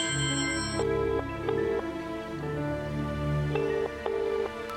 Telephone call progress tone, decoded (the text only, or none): ringback tone